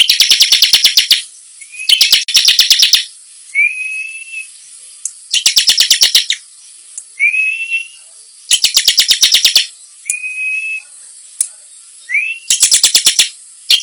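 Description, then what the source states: Bar-winged prinia song: fast stuttering bursts of hard repeated notes alternate with brief rising and level whistles. Song described as gacor (singing persistently) and nembak (rapid-fire bursts).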